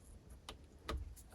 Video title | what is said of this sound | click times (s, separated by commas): Install 951DI Sea doo jet ski engine - PART 3 after overhaul | and align them properly and carefully push down in an even straight manner until it makes a clicking noise | 0.5 s, 0.9 s